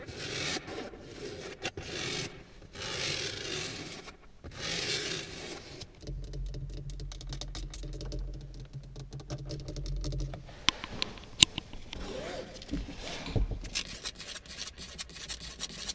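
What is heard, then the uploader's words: Scratching and tapping inside a car, dry. Bursts of rasping scratches fill the first six seconds, then a low steady hum sits underneath from about six to ten seconds, followed by scattered sharp taps and a few crisp clicks near eleven seconds. In my CAR tapping, scratching.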